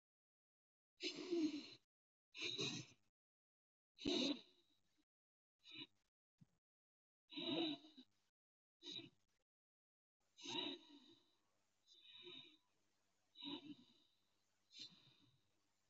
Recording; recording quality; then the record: deep breathing; excellent, no background noise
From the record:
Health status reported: healthy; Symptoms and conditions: none ticked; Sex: male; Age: 31 years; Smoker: not ticked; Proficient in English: yes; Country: India